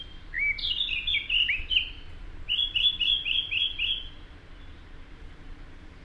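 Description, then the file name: Eurasian blackcap song: fast rich warbling that turns into a quick series of repeated fluty, slightly descending notes, then fades into quiet background. "Sylvia atricapilla"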